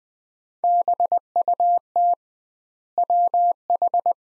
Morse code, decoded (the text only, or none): BUT WH